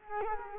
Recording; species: mosquito wingbeat signal from an infrared sensor; Culex quinquefasciatus